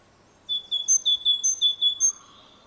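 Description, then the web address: Great tit giving a rapid series of ringing two-note phrases, a high note alternating with a lower one, several notes in under two seconds. "SETE data Parus major"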